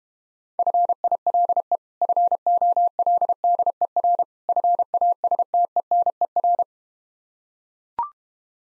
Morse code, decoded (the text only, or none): FILE FOLDER FASTENER